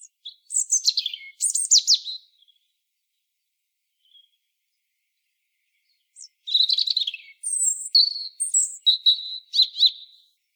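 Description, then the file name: European robin song: a short burst of high warbling, a long pause, then a longer sequence of sliding whistles and quick trills, with no other sounds. "Erithacus rubecula"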